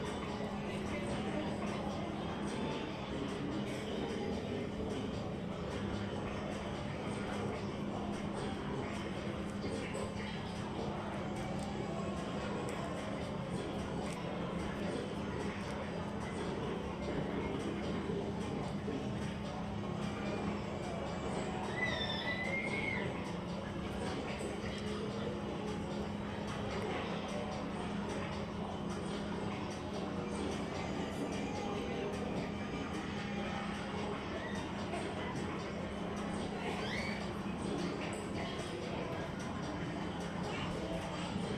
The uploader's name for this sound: Mickey's Toon Town, Disneyland Binaural Recording